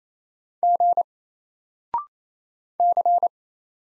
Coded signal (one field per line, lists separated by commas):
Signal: Morse code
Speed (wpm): 28 wpm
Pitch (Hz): 700 Hz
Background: none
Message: G C